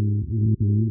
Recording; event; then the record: neck accelerometer signal played as sound; no cough (speech, laughter, throat clearing or background)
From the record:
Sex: male